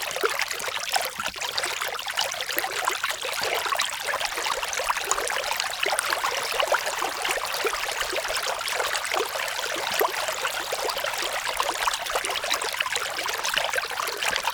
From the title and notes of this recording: Tiny Babbling Creek.